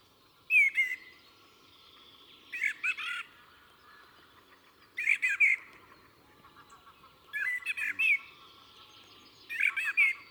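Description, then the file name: Common blackbird giving brief whistled phrases ending in thin squeaky notes, five bursts spaced about two seconds apart, with a quiet background. "Turdus merula"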